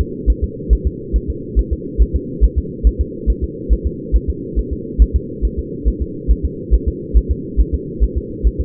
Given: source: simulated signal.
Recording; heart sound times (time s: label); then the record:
fetal heart sounds
0.01 s: S2
0.30 s: S1
0.44 s: S2
0.73 s: S1
0.87 s: S2
1.16 s: S1
1.30 s: S2
1.59 s: S1
1.73 s: S2
2.02 s: S1
2.16 s: S2
2.44 s: S1
2.58 s: S2
2.87 s: S1
3.01 s: S2
3.30 s: S1
3.44 s: S2
3.73 s: S1
3.87 s: S2
4.16 s: S1
4.30 s: S2
4.59 s: S1
4.73 s: S2
5.02 s: S1
5.16 s: S2
5.45 s: S1
5.59 s: S2
5.88 s: S1
6.02 s: S2
6.31 s: S1
6.45 s: S2
6.74 s: S1
6.88 s: S2
7.17 s: S1
7.31 s: S2
7.60 s: S1
7.74 s: S2
8.04 s: S1
8.18 s: S2
8.47 s: S1
8.61 s: S2
From the record:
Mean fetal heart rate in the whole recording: 140 bpm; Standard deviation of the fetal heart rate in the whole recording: 2 bpm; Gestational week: 34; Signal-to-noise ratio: -4.1 dB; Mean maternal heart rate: no maternal heart sound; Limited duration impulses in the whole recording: absent